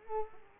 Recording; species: mosquito wingbeat signal from an infrared sensor; Culex quinquefasciatus